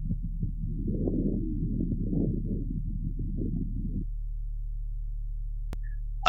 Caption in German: Subakuten und chronischen Bronchitiden findet man dagegen oft trockenes Rasseln, Knistern und Giemen. Lungenschall mit deutlich trockenem Rasseln und einigen Giemtönen im Hintergrund.